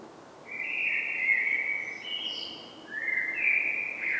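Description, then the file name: Common blackbird fluting a rich, mellow phrase that ends in a high thin twitter, with a second fluted phrase starting a moment later. "Turdus merula"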